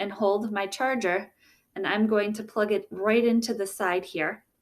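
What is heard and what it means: Someone talks while holding a charger cord's plug and bringing it to the port on the side of a laptop. Only speech is heard, and the clip ends before the plug goes in, so nothing has seated or clicked yet.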